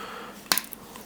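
A separately built plastic cab is dry-fitted onto the chassis of a scale model dump truck. A sharp plastic snap at 0.5 s is followed by a few small ticks as it seats, and the cab fits together perfectly.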